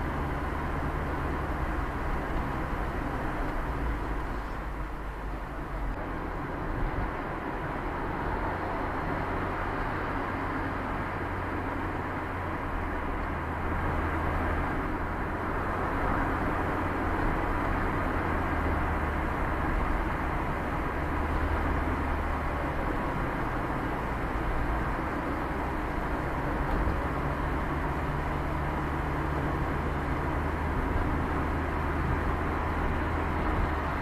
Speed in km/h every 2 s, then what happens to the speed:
54, 56, 57, 59, 60, 64, 60, 55, 52, 48, 44, 41, 44, 46, 49, 54, 54.
0-11 speeds up to 64. 11-22 slows to 41. 22-30 speeds up to 54.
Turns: none.